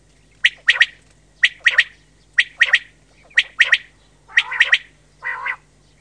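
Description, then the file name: Common quail giving sharp three-note phrases about once a second, the last ones lower and harsher with a nasal, harmonic tone. "QUAGLIA"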